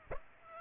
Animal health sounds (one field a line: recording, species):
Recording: mosquito wingbeat signal from an infrared sensor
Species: Aedes aegypti